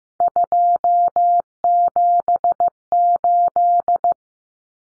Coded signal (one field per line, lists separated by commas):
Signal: Morse code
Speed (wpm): 15 wpm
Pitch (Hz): 700 Hz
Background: none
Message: 278